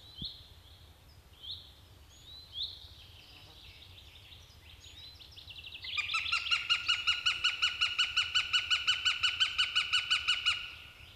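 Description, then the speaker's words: Northern Goshawk cackle: after several seconds of faint, thin high chirps, a loud rapid string of harsh kek notes bursts in and runs steadily until just before the end. Cackling in its forest; can be heard even in late autumn; described as a fine wild sound. "Loppusyksylläkin voi kuulla, kun kanahaukka käkättää metsässään. Hieno villiääni."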